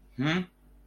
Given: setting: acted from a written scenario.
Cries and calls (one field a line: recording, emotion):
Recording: vocal sound without words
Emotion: interest